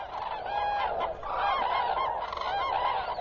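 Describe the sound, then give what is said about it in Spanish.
A large autumn flock of cranes calling together at the Biepsa River, a dense, continuous chorus of overlapping trumpeting and honking cries at a steady, loud level, with no talking. “Durante este último par de años, las bandadas otoñales de grullas en el río Biepsa llegaron a ser de más de 10.000 individuos.”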